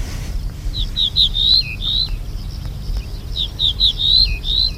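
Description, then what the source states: Ortolan bunting song, two phrases of several clear ringing notes, the last ones longer and drawn out, over low rumbling background. Male singing an Italian dialect of song, very different from Spanish and French dialects; males of different dialects do not understand each other.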